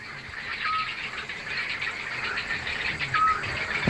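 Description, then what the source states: Eurasian scops owl call: two short, level whistled notes about two and a half seconds apart, over a background hiss. Recorded by a listener and identified by the editorial team.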